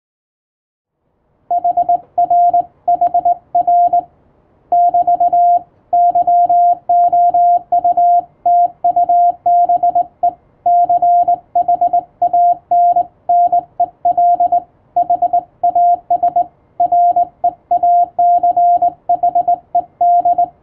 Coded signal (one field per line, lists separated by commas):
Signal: Morse code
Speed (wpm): 21 wpm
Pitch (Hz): 700 Hz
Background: radio noise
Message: HRHR <BT> YOUTUBE CHANNEL HAS REACHED